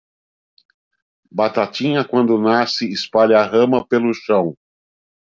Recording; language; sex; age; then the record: short text; Brazilian Portuguese; male; 50 to 59 years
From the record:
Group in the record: control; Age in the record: 56 years